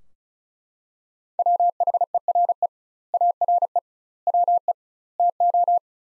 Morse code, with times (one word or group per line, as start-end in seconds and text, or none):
1.4-2.7 WHERE
3.1-3.8 ARE
4.3-4.7 WE
5.2-5.8 TO